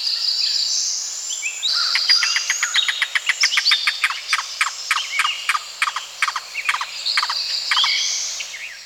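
Yellow-billed cuckoo giving a long series of hard clucking notes, fast at first then gradually slowing, with other birds chirping.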